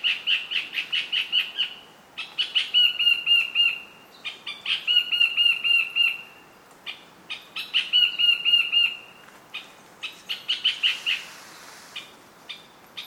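Fantail chatter: rapid squeaky chip series repeated in bursts of a second or two, separated by short pauses, over a light hiss.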